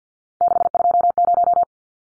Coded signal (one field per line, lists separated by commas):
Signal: Morse code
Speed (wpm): 50 wpm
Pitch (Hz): 700 Hz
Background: none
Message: 620